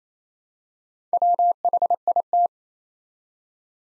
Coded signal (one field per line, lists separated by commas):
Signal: Morse code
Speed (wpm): 27 wpm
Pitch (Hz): 700 Hz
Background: none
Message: WHIT